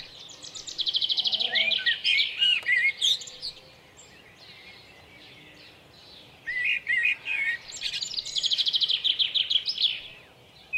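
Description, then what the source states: Common blackbird song in two bursts of warbled notes and long, high, rapid twittering, separated by a quiet pause of a few seconds. At Lucenay.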